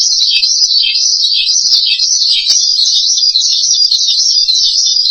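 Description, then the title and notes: Starling song, a shrill continuous chatter of quick trilled notes. "suara burung jalak"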